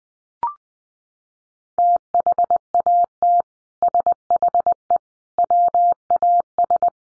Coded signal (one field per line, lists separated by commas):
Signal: Morse code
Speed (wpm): 20 wpm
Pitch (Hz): 700 Hz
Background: none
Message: THAT SHE WAS